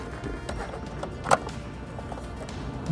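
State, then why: Seated. A plastic wiring harness connector is pushed into its socket in the passenger-side door of a 2003–2010 Porsche Cayenne (955/957) during a window regulator install. Against low background noise with a few faint taps, it gives one sharp, bright snap at 1.3 s as it seats.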